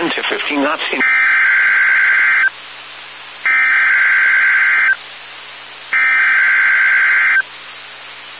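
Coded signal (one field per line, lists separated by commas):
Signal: Emergency Alert System (SAME) tones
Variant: header bursts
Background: speech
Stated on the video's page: Statewide tornado drill (test tornado warning) received over NOAA Weather Radio on a Bearcat scanner fed to an Icecast2 stream.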